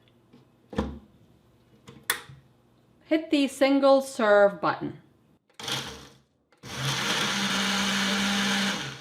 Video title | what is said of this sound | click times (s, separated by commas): Top 5 Best Blenders For Smoothies Under $100 Reviews 2021 | we'll put this straight down and turn it until we hear the click | 2.1 s